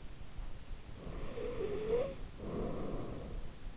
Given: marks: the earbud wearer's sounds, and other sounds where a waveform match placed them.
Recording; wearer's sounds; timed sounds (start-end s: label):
sounds in sleep by an in-ear microphone; snoring breath
0.89-3.66 s: snoring breath